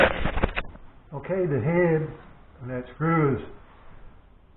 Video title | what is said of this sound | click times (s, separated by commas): Replacing a broken table saw angle wheel handle | Okay, the head and that screw is stripped out. | 0.4 s, 0.6 s